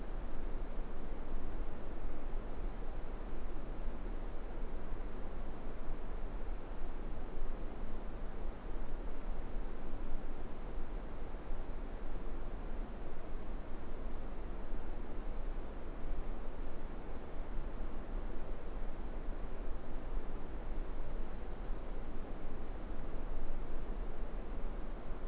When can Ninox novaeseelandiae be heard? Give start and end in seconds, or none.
none